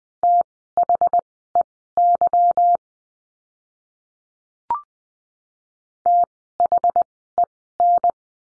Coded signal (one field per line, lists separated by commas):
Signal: Morse code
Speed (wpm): 20 wpm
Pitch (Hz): 700 Hz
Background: none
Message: THEY THEN